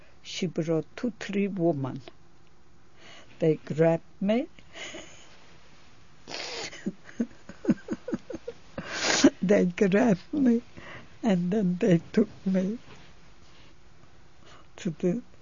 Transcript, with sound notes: She brought two, three woman. They grabbed me. ( she laughs ) They grabbed me, and then they took me to the